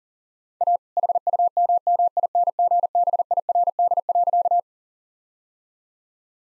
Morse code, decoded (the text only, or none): A HUMMINGBIRD.